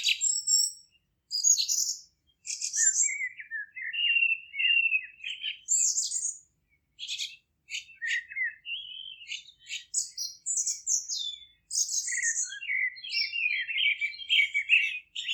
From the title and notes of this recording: Relaxing music of nature from a Polish garden in the countryside. Singing birds and croaking frogs from at the polish village.